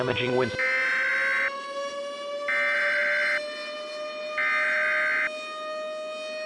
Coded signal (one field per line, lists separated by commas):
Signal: Emergency Alert System (SAME) tones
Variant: header bursts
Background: speech